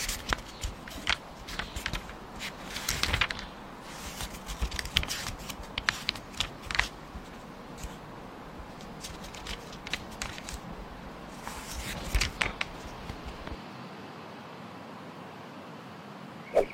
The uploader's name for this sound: the library full of magic